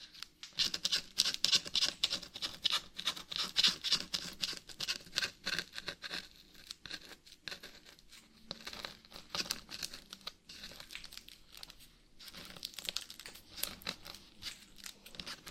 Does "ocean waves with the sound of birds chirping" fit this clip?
no